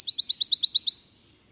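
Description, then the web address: Pine Warbler giving a brief, bright trill of several quick, evenly spaced high notes. "the warbler that loves pines"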